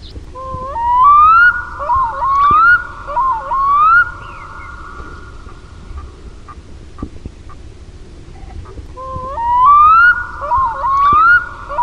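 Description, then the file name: Black-throated loon giving a run of rising, wailing whistles, each phrase dipping and climbing, then a quiet pause before the same pattern starts again near the end. "KUIKKA"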